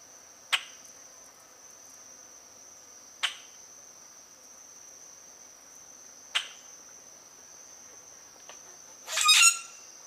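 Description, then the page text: Common grackle with three sharp, short chack notes a few seconds apart, then a harsh squeaky burst, over a constant high-pitched insect trill. "Обыкновенный гракл - Common Grackle (Quiscalus quiscula)"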